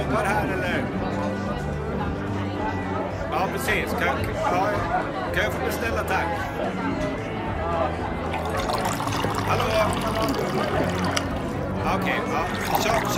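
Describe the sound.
Murmuring bar sounds: a dense, steady wash of many overlapping voices talking at once, with no single speaker standing out. Brief bright clinks, like glasses or dishes, cut through every few seconds, while the overall loudness stays level throughout.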